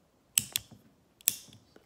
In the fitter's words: when that thing is locked and you know and it unlocks you know just a nice solid clicking sound right there as well